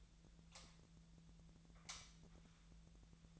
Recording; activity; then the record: daily activity, microphone in the room; light on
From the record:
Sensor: 3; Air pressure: 1009.7 hPa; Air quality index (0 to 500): 191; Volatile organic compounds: 15 ppm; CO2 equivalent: 2492 ppm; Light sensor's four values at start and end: 37/93/40/43 and 44/116/49/50